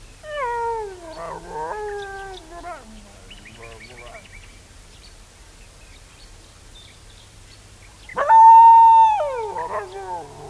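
Dingo howling: falling, wavering howls at the start, a stretch of softer broken calls, then a loud sustained howl that rises, holds level and drops away.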